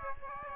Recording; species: mosquito wingbeat signal from an infrared sensor; Aedes aegypti